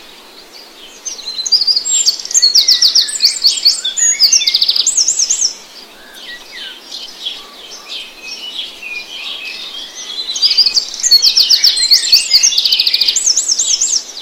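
Morning birdsong in the grass, with bright, rapid trills and chirps from several birds overlapping. The singing swells in two dense bursts, early on and again near the end, with a quieter stretch of scattered calls between over a soft, steady hiss.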